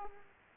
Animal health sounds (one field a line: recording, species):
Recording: mosquito wingbeat signal from an infrared sensor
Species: Aedes aegypti